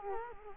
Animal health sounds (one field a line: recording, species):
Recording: mosquito wingbeat signal from an infrared sensor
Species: Culex quinquefasciatus